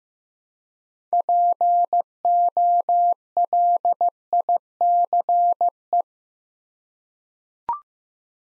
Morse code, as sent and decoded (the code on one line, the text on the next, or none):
.--. --- .-.. .. -.-. .
POLICE